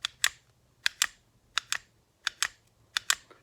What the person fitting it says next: you can hear it break out of battery and you can hear it lock up into battery